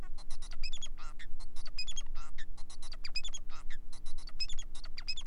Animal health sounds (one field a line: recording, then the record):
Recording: song of a male Bengalese finch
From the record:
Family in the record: son of father 4